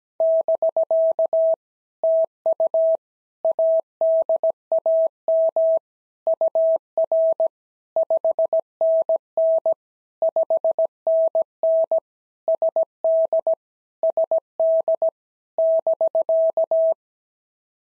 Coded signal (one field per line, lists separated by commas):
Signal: Morse code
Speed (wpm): 17 wpm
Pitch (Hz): 650 Hz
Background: none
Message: <BK> TU ADAM UR 5NN 5NN SD SD <BK>